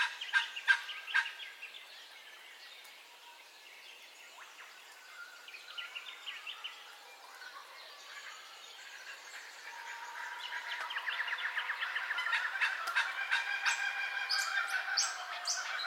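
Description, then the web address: Bird calls in a busy chorus: loud harsh notes at the start, a quieter stretch of mixed whistles, then dense, rapid chattering building toward the end. Dawn ambience with bird calls, stereo. "Sound Effects-Foundation Updates AMBIENCE DAWN BIRDCALLS STEREO"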